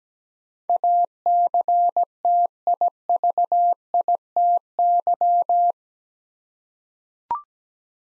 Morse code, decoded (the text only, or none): ACTIVITY